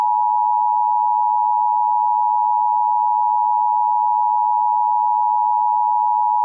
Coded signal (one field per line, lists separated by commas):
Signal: Emergency Alert System (SAME) tones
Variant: 853 and 960 Hz attention tone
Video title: A EAS Scenario #8 Daki and Gyutaro’s Rampage